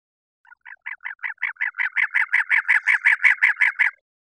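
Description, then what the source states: Cactus wren giving a harsh, grating chatter of many rapid, evenly spaced notes, growing louder over the first half and then steady. Recorded 24 February 2001.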